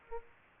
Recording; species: mosquito wingbeat signal from an infrared sensor; Aedes aegypti